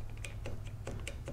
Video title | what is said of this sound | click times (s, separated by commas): Trico Force High Performance Beam Blade Wipers Install-Replace On Kia Sorento 2014 | And there it is, it's locked in. | 0.2 s, 1.1 s